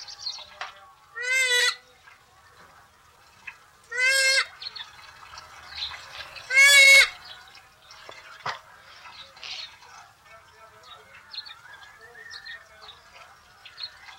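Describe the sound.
Pukeko giving three loud, harsh screeching calls in the first seven seconds, followed by softer, fainter sounds.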